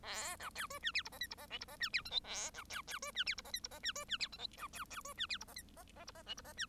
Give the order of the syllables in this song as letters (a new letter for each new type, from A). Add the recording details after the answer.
A B C D E F G H I G H J G H E F K L A B C C D E F G H I G H E D E F K L B C C D E F G H I H H G H J G H E. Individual Bird1